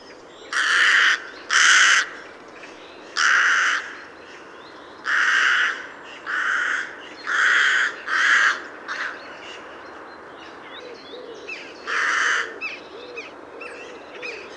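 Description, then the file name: Carrion crow cawing, a series of harsh, hoarse caws in irregular pairs and singles, with faint small bird calls in the background. "Corvus corone"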